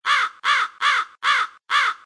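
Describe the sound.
Crow cawing, five harsh, even caws in a steady series about every 0.4 seconds with short silent gaps between them.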